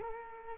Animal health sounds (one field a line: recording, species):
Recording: mosquito wingbeat signal from an infrared sensor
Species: Culex quinquefasciatus